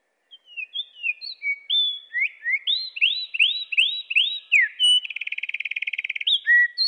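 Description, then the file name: Eurasian wren song, lowered in pitch, with varied whistled phrases, a run of rising hooked notes, then a long even buzzing trill near the end. Pitched down one octave. "troglodyte-moins-1-octave"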